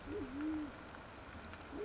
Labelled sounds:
Band-tailed Pigeon (Patagioenas fasciata)
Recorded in Sonoma County, California

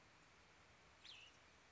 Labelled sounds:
Cassin's Vireo (Vireo cassinii)
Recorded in Sonoma County, California

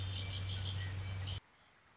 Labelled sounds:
Red-winged Blackbird (Agelaius phoeniceus)
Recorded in Sonoma County, California

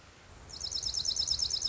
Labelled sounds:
Dark-eyed Junco (Junco hyemalis)
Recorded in Sonoma County, California

